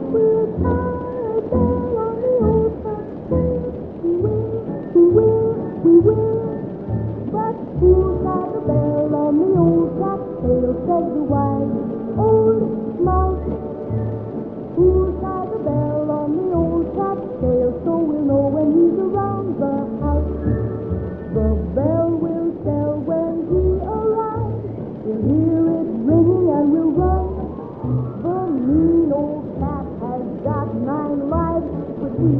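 Old songs play in another room, muffled and dull, with a steady thumping beat and a wavering melody carrying on without a break.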